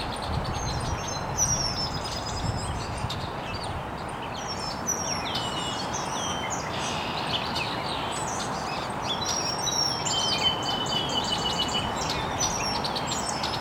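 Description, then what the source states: Birds chirping, thin high whistles and short slurred notes from several birds, over an even wash of background noise. Birds chirping very early in the morning in an estuary.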